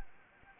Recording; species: mosquito wingbeat signal from an infrared sensor; Anopheles gambiae